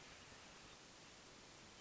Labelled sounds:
Hermit Thrush
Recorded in Sonoma County, California

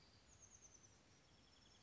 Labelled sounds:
Oak Titmouse
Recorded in Sonoma County, California

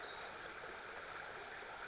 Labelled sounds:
Pacific Wren
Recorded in Sonoma County, California

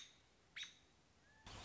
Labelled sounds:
American Robin
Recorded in Sonoma County, California

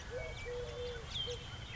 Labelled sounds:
Eurasian Collared Dove
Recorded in Sonoma County, California

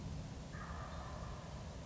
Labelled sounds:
Wild Turkey
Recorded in Sonoma County, California

